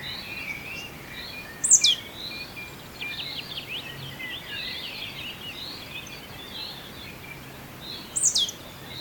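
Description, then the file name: Marsh tit calls: two sharp, very high notes sweeping steeply downward, several seconds apart, with softer chattering between them over a steady background hiss. "Poecile palustris"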